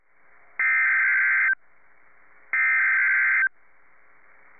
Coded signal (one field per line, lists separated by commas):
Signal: Emergency Alert System (SAME) tones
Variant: header bursts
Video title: [S-EAS #16/17/20] April 23rd Severe Weather Event (Part 1)